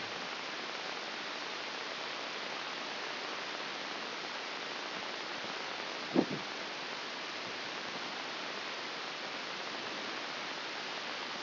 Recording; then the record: brain microelectrode recording played as sound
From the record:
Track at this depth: outside the subthalamic nucleus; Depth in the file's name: 4.898 mm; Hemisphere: left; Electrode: 2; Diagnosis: Parkinson's disease